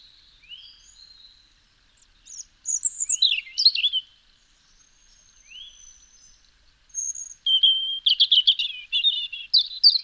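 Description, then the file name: European robin singing varied phrases of thin high whistles, slides and quick twittering trills, with short pauses between bursts and a rapid scratchy sequence near the end. "Erithacus rubecula"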